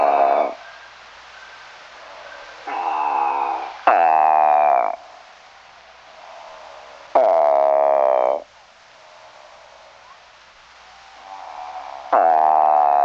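Eastern Spadefoot calls: five nasal, buzzy groans, most about a second long, with gaps between them ranging from almost none to a few seconds.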